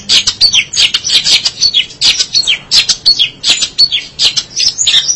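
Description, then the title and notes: Long-tailed Shrike song: a varied stream of high chirps, slurred downward notes and scratchy chatter delivered in quick succession. Recorded March 2017. "Pentet 201703. Suara burung pentet"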